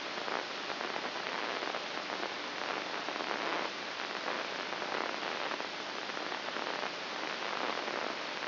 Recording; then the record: brain microelectrode recording played as sound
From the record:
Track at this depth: outside the subthalamic nucleus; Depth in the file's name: 1.241 mm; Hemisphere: left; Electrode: 2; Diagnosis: Parkinson's disease